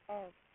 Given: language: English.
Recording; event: throat vibration sensor signal played as sound; speech